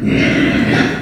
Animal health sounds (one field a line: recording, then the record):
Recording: squeal of a Yucatan mini pig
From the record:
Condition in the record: after surgery on the right vocal fold (resection and tissue-engineered implant)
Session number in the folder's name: 4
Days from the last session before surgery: 26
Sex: female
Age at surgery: 19 weeks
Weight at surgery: 25 kg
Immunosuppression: prednisolone